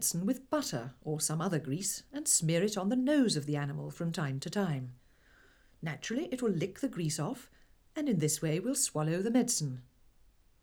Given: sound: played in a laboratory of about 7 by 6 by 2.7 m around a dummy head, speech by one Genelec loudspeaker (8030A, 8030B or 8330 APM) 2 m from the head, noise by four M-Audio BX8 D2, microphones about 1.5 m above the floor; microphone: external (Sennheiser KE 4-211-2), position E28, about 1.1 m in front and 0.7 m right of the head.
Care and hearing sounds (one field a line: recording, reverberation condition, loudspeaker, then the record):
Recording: female speech in English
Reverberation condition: low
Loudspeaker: 30 degrees to the right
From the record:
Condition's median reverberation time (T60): about 310 ms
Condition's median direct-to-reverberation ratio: about 3.5 dB